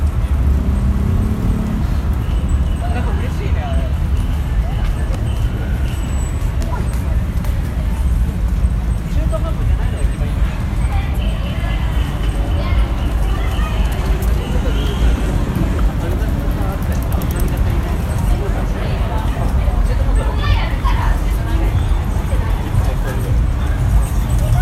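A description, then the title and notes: Shibuya Halloween crowd noise, a dense, steady murmur of many voices with heavy low rumble, scattered shouts and occasional brighter clatter throughout. Recorded of the sounds, noises and atmosphere at Shibuya Halloween Crowd 2021.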